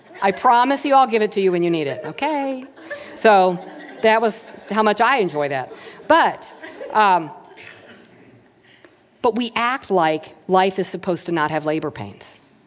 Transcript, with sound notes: I promise I’ll give it to you when you need it.” So that was how much I enjoyed that. (laughter) But we act like life is supposed to not have labor pains.